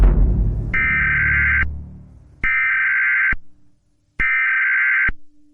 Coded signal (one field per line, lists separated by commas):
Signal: Emergency Alert System (SAME) tones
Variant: header bursts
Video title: Doctor Who: The Unified Incursion | An EAS Simulation